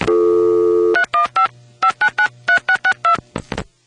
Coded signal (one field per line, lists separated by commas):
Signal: DTMF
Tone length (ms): 100 ms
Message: 315 5993662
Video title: Vintage telephone network sounds part 1